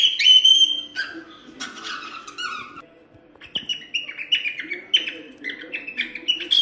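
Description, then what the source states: Cockatiel whistled song: bright warbling notes with buzzy chatter, a short pause near the middle, then a quicker run of chirpy whistles. Lutino colour variety, singing.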